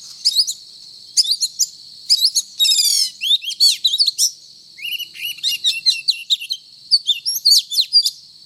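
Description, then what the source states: Oriental magpie-robin singing a fast, varied stream of sharp whistles, downslurred chirps and buzzy rattles, barely pausing, with a constant high-pitched drone underneath. Indonesian local name kacer; described as 'gacor', meaning singing vigorously.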